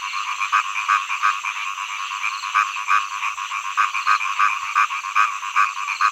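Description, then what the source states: Frogs croaking, brief pulsed calls in bursts with short gaps, set against a constant chorus of many frogs. Frog songs in early summer.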